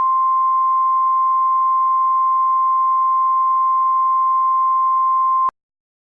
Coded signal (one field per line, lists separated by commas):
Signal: Emergency Alert System (SAME) tones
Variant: 1050 Hz attention tone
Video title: Cascadia Subduction Zone EAS - Scenario #1